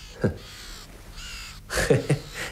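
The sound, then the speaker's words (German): Two ravens caw in harsh, raspy bursts: a single call first, then a quick cluster of three or so loud croaks after a pause, with faint background hiss between. “Die beiden Raben da.”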